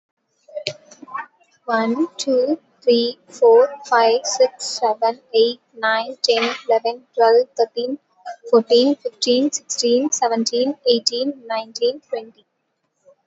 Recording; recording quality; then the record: counting at a normal pace; excellent, no background noise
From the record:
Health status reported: COVID-19 positive, no symptoms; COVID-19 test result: positive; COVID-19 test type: rapid antigen test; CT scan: not taken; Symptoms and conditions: another condition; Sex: female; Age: 26 years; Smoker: no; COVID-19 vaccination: both doses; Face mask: not worn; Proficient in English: yes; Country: India